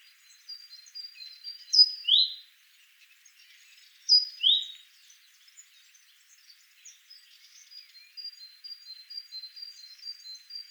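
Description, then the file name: Great tit calling with pairs of sharp, downward-sliding high notes twice, about two seconds apart, over faint thin whistles. "Parus major"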